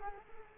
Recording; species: mosquito wingbeat signal from an infrared sensor; Culex quinquefasciatus